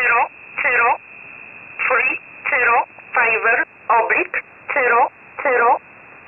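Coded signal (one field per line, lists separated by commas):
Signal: numbers station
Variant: E11 Oblique, English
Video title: 04 06 2021 Number station E11 Oblique in English to Eu 1000 on 12153 unknown tx site in USB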